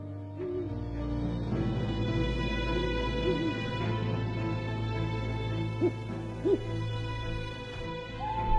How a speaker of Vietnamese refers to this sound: Đâu đó ở ngoài kia có tiếng con cú mèo cứ rúc lên từng hồi. Nghe mơ mơ hồ hồ như tiếng quạ kêu ở bãi biển gần nhà tôi vào những đêm tịch mịch.